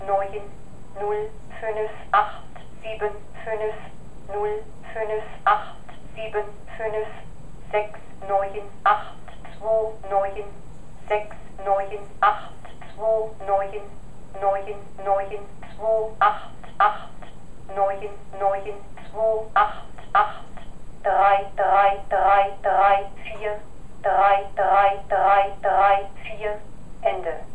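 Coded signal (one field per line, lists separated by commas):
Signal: numbers station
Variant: German female voice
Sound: monotone female voice reading German digits in steady, evenly spaced groups, ending with 'Ende'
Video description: This machine pronounces, in a monotone voice, a string of numbers used by intelligence agencies for one-way shortwave radio communication with their agents in enemy countries.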